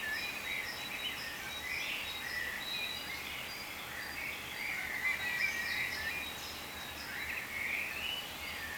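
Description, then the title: Many birds chirp and twitter at once, a dense layer of bright high notes running without pause above a faint steady hum. "cizici, birds"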